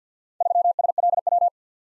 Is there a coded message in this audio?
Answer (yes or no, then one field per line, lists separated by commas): yes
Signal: Morse code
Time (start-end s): 0.4-1.5 s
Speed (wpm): 47 wpm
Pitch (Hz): 700 Hz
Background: none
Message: 3SLW